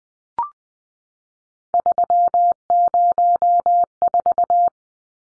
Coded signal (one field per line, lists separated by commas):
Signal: Morse code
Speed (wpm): 20 wpm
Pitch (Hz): 700 Hz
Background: none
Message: 304